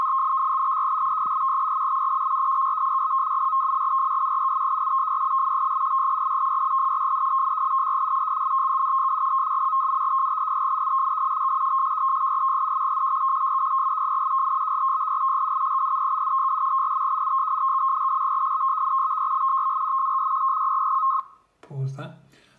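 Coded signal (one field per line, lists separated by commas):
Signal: modem data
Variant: 100 baud FSK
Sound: steady warbling two-tone data stream for about 21 seconds, then abrupt stop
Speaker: This software is called minimodem. That encodes and decodes FSK modem signals.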